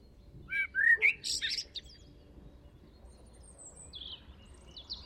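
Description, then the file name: Eurasian blackbird gives a single mellow, fluting phrase with a scratchy high ending, followed by quiet with faint thin bird notes. "Turdus merula"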